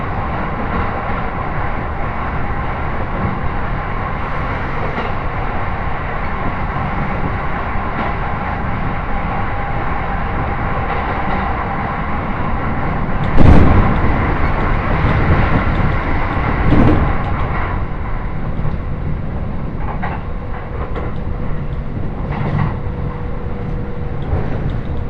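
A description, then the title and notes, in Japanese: A ride aboard a Joban Line train between Katsuta and Ishioka, with a steady low rumble of the moving carriage throughout. Two sharp knocks or jolts stand out around 13 and 17 seconds, and a faint thin tone hums briefly near 21 seconds. 耳で楽しむ鉄道旅 常磐線 勝田→石岡。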